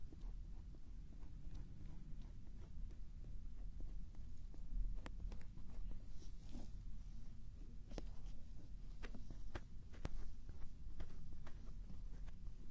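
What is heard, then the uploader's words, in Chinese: Ear cleaning sounds: a steady low, muffled scraping rumble with sharp little clicks and ticks scattered throughout, growing more frequent after midway. 掏耳朵。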